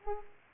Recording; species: mosquito wingbeat signal from an infrared sensor; Culex pipiens